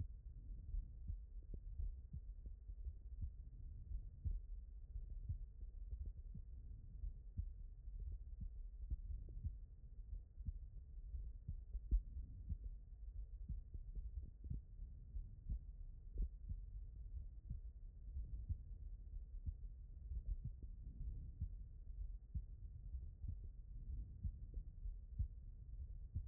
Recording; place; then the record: heart sounds by stethoscope; aortic valve (AV)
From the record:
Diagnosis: non-HFrEF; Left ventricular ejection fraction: 65%